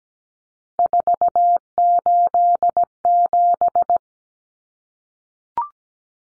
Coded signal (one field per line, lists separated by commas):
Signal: Morse code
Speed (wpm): 17 wpm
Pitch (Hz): 700 Hz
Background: none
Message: 487